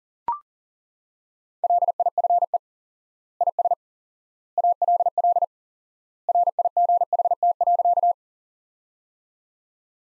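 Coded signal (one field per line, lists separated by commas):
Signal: Morse code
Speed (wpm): 37 wpm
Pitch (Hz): 700 Hz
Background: none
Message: LIFE IS ALL RIGHT.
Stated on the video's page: Morse practice sentences from the top 300 words at 40 wpm with 4x word spacing, a Farnsworth-like method.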